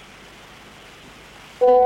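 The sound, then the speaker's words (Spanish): Soft steady hiss gives way to a sudden loud telephone tone on the phone line of radio station Belgrano AM 650, a sustained electronic beep that holds steady to the end with no voices. “6:36, este es el teléfono de la radio.”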